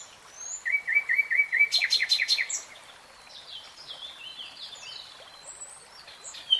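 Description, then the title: Nightingale song opening with a steady rapid trill, then loud sharp repeated notes, followed by quieter scattered whistles. Heard in real time, not slowed. "[Tiếng chim hót] Nightingale Singing"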